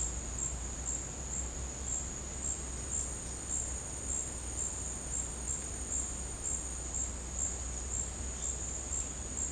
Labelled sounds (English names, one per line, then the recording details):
none
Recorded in secondary vegetation near Puerto Asís, Putumayo, Colombia, on 19 March 2025 at 12:30
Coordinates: 0.485, -76.322
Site G040